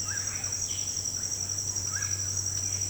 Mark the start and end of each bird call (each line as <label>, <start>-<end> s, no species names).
bird call, 0.00-1.02 s
bird call, 1.78-2.27 s